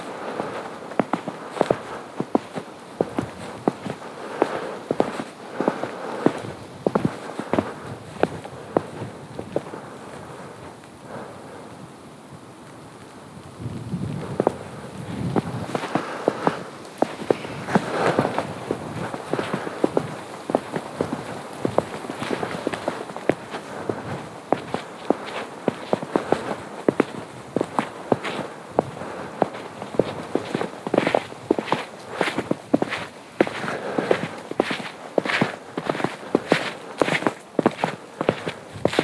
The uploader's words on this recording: Morning Hike in a Winter Wonderland (Bowman Lake Trail). Listen to the crisp sounds of fresh snow on a morning hike around the frozen lake.